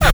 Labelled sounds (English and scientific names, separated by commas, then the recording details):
Zebra Finch (Taeniopygia guttata) kackle call
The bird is a male
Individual mal11